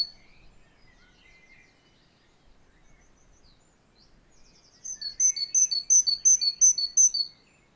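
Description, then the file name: Great tit, a few scattered soft notes followed by a loud, quick string of high, ringing two-part notes near the end. "Parus major"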